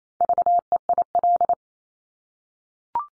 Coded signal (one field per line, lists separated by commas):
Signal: Morse code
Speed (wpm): 28 wpm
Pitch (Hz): 700 Hz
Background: none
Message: VEIL